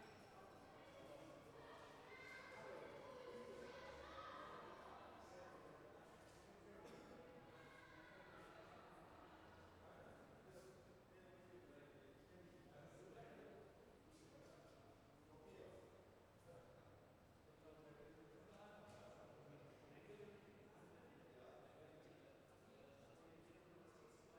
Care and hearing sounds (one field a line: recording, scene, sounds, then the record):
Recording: everyday scene through a hearing-aid microphone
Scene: reverberant space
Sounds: background noise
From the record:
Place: railway station hall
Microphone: behind the ear, left, rear